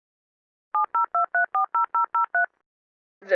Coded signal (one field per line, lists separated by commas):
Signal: DTMF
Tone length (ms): 120 ms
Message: 702340003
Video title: JTK Rampage (EAS Scenario)